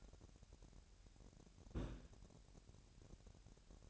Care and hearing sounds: daily activity, microphone in the room; place on stove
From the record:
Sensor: 2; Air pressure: 1011.9 hPa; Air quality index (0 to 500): 186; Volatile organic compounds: 3 ppm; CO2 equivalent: 1328 ppm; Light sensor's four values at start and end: 75/177/72/69 and 74/176/72/69

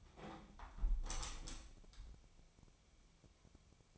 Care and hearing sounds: daily activity, microphone in the room; close window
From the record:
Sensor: 1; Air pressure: 1014.9 hPa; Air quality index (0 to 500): 29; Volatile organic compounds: 1 ppm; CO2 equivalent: 530 ppm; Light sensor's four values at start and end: 10/25/10/11 and 10/25/10/11

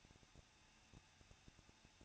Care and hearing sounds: daily activity, microphone in the room; no activity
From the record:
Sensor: 2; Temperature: 21.0 degrees Celsius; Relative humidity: 37.4%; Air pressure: 1006.2 hPa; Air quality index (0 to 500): 222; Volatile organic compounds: 24 ppm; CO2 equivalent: 2813 ppm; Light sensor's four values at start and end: 2/3/2/2 and 2/3/2/2

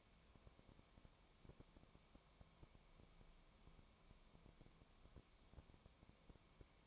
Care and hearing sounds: daily activity, microphone in the room; no activity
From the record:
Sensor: 1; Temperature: 19.1 degrees Celsius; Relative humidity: 34.0%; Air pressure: 1001.3 hPa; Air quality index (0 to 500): 82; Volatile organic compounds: 1 ppm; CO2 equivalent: 818 ppm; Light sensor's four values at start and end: 1/2/1/1 and 1/2/1/1

